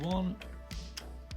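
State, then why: Not seated. Someone talks while handling the second plastic wing of a toy vehicle, working it toward the grooves in the vehicle body. A few short, light taps of handling are heard at about 0.7, 1.0 and 1.3 seconds. The wing has not snapped into place yet, and nothing has seated or clicked.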